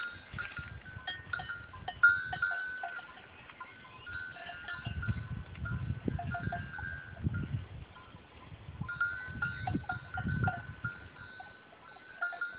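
Bleating goats, sustained calls at a steady pitch, with low rumbling noise in several stretches.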